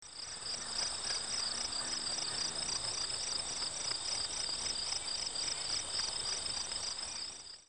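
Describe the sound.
Cricket chirping, steady high pulsed trills in regular rhythm, over a continuous higher tone.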